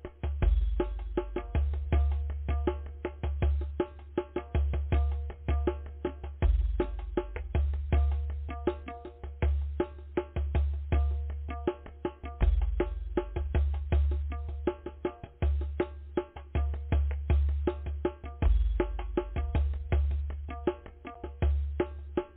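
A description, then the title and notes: Drumming plays steadily for the whole stretch, a fast, busy pattern of sharp hits over deep, booming low strokes that swell and fade in regular waves every second or two. The sound is dull on top, with no bright ringing cymbals. DRUMMING.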